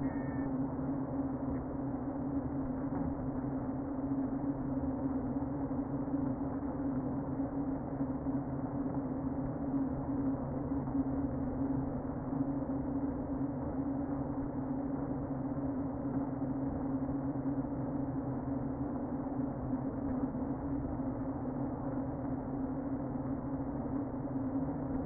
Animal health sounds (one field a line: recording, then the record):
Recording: honeybee colony, microphone inside the hive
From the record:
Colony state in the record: queen present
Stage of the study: before two queens were removed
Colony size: about 60,000 bees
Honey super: yes